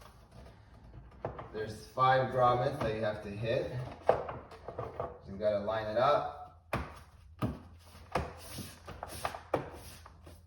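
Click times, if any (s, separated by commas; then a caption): 6.7 s, 7.4 s, 8.2 s, 9.0 s, 9.2 s, 9.5 s. A plastic engine cover on an Alfa Romeo Giulia Quadrifoglio is lined up and pressed down onto its five rubber grommet mounts on the engine while someone talks. Sharp pops are heard at 6.7, 7.4, 8.2, 9.0, 9.3 and 9.5 seconds as the cover seats fully into place.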